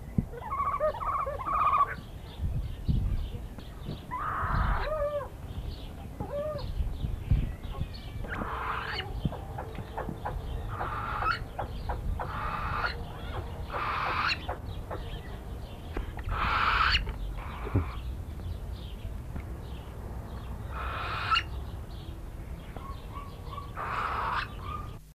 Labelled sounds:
Northern Hawk-Owl call
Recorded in captivity
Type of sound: call
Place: Vogelpark Bad Schwartau, Schleswig-Holstein, DE
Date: 1982-06-18
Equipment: Halbspur, 9,5 cm/s
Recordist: Lütgens, Hans
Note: Sperbereulenweibchen nach Fütterung, dabei noch Kanincheneule

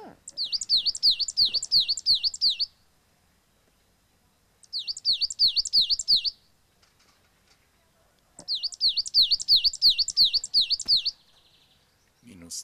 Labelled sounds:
Coal Tit song
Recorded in the wild
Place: Oberstdorf, Bayern, DE
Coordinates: 47.3997, 10.2414
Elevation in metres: 988
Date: 1985-04-04
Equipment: Uher 4000 Report
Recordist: Tretzel, Erwin

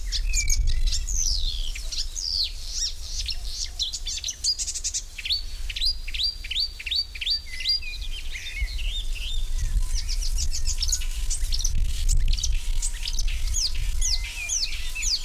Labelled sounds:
Marsh Warbler song
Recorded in the wild
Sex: male
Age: adult
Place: Lübars (Fließtal), Berlin, DE
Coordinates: 52.6167, 13.35
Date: 1999-06-13 12:20
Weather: fair, 20°C
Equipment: Sony WM-D6C, Sennheiser ME 80, Kopie Uher 4000 Report Monitor
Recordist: Tembrock, Günter

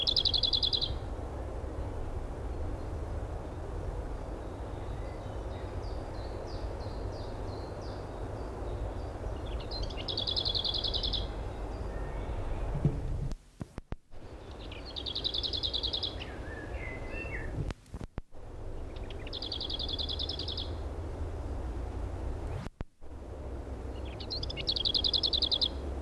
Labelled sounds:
Lesser Whitethroat song
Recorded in the wild
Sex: male
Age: adult
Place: Summt, am Buchenberg, Brandenburg, DE
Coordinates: 52.695, 13.3594
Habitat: spruce thicket
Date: 1975-05-04 15:23
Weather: 13°C
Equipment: Uher CR 210, Sennheiser MD 421, Verstärker, Kopie Uher 4200
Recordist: Tembrock, Günter

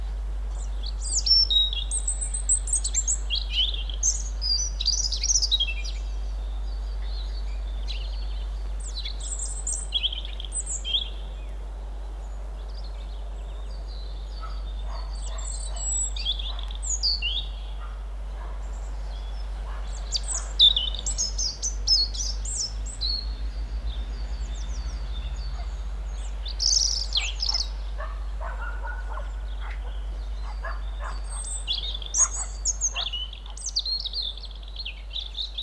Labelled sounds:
European Robin song
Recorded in the wild
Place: Oberstdorf, Bayern, DE
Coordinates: 47.4436, 10.2944
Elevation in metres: 849
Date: 1978-03-22 10:00
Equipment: Uher 4000 Report
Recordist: Tretzel, Erwin

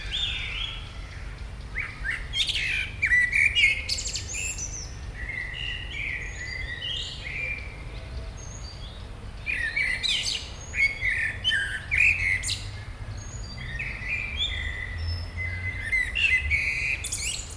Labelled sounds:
Common Blackbird
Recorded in the wild
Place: Schloßpark Niederschönhausen, Berlin, DE
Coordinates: 52.58, 13.4
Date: 1996-05-18 18:35
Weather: sonnig, 24°C
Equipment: Sony MD-WM MZ-R3, Sennheiser MKH 416 T, Kopie Uher 4000 Report Monitor
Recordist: Tembrock, Günter

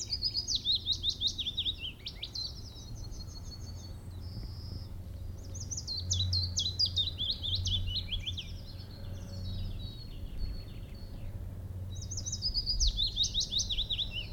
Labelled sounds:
Willow Warbler
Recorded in the wild
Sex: male
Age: adult
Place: Lichtenbergerhöhe, Tübingen, Baden-Württemberg, DE
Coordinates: 48.5147, 9.03611
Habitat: meadow, forest
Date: 1963-05-11
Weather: overcast, rain
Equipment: LGS26
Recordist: Schneider, Hans-Joachim

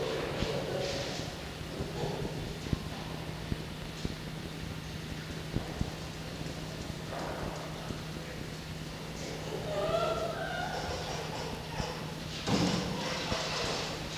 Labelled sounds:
Red Fox
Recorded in captivity
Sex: pair
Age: adult
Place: Zoologisches Institut der HUB, Berlin, DE
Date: 1952-07-16 14:30
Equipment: Elmetra
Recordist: Tembrock, Günter
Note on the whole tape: Fiffi: Muffen (mit Fleisch); Jupp: Muffen (mit Fleisch)

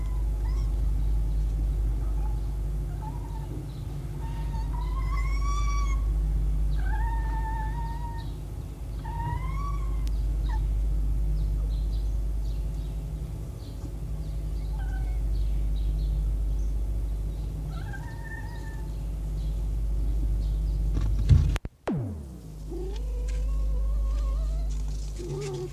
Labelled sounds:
Red Fox
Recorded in captivity
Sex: diverse
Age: adult
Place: Zoologisches Institut der HUB, Berlin, DE
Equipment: Elmetra
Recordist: Tembrock, Günter
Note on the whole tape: Tonband Kopie 2: Erwachsene Füchse: Rotfuchs-Lautgebung-Lautinventar (Beschreibung siehe Beipackzettel)

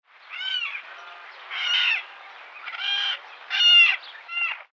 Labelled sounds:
Chimango Caracara
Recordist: Tembrock, Günter
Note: Rufe

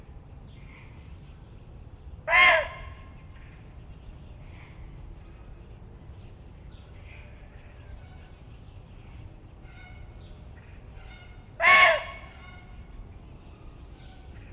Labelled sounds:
Indian Muntjac barking
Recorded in captivity
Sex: female
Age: adult
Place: Tierpark Berlin, Berlin, DE
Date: 1965-08-16 18:00
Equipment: Uher 4000 Report-S, Transistorverstärker, Sennheiser MD 421
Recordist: Tembrock, Günter

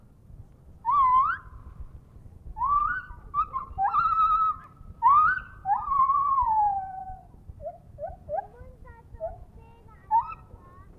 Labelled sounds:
Lar Gibbon
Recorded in captivity
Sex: male
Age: adult
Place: Zoo Rostock, Mecklenburg-Vorpommern, DE
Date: 1965-09-01 10:50
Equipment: Uher 4200 Report Stereo, Transistorverstärker II, Sennheiser MD 421
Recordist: Tembrock, Günter

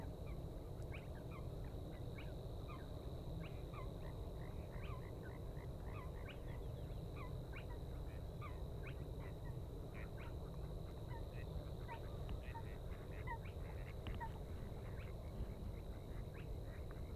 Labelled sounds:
Spotted Crake song
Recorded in the wild
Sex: male
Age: adult
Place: Schwedt/Oder, Nationalpark Unteres Odertal, Brandenburg, DE
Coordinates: 53.1197, 14.3544
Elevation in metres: 1
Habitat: wetland
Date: 2015-04-23 02:52
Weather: clear, 3°C, almost windless
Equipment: Sound Devices 702, Sennheiser MKH 70, Rycote Windschutz
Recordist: Frommolt, Karl-Heinz
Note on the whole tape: Polder 10, Weg zum Brönker Wehr: Tüpfelsumpfhuhn rechts und links vom Weg, relativ weit entfernt

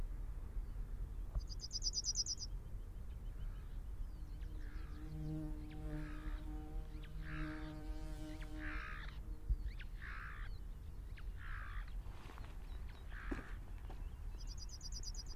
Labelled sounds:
Yellowhammer
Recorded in the wild
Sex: male
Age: adult
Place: Hobrechtsfelder Rieselfelder, Naturpark Barnim, Brandenburg, DE
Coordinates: 52.6778, 13.5186
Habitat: Feldflur
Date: 2006-04-20
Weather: heiter, windstill, ca. 12°C
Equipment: Edirol R-4, Sennheiser MKH 70, Windkorb
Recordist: Frommolt, Karl-Heinz

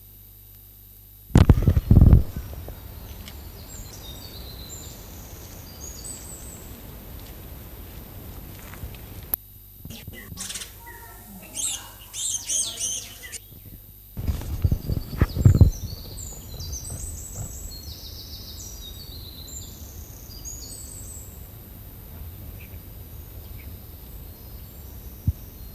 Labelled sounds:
Eurasian Wren song
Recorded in the wild
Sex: male
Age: adult
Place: Forst Frohnau, Berlin, DE
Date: 2005-07-10 12:45
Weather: sunny, 22 - 26°C
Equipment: Sony WM-D6C, Sony ECM-MS 907, Kopie Uher 4000 Report Monitor
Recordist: Tembrock, Günter

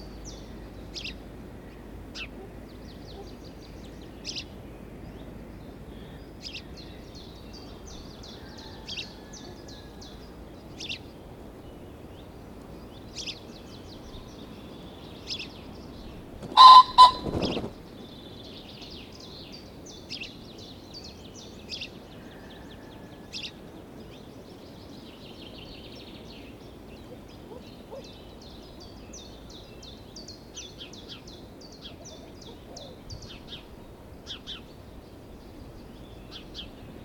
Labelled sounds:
Common Pheasant call
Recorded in captivity
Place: Groß Nemerow, Mecklenburg-Vorpommern, DE
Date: 1982-05-03
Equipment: Nagra III BH, Sennheiser MD 21
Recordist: Schubert, Michael

